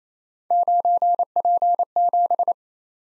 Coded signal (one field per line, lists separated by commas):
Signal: Morse code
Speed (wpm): 29 wpm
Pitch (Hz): 700 Hz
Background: none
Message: 9P7